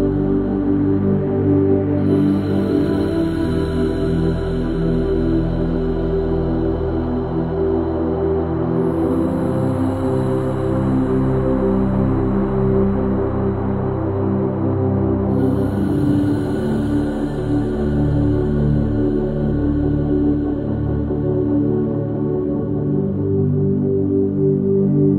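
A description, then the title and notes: Delta sleep binaural beats: a steady, dense drone of low tones layered together, unchanging in loudness throughout. Faint bright hiss swells in briefly around 2, 9 and 15 seconds, then fades back under the deep hum. Delta sleep brainwaves, binaural beats.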